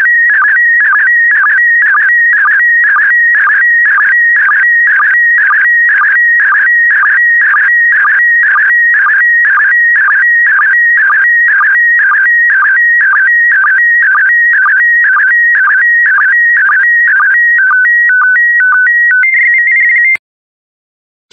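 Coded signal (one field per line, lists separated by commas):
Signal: SSTV (slow-scan television)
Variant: PD120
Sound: warbling, buzzing tone with rapid regular clicks, ending in a few stepped beeps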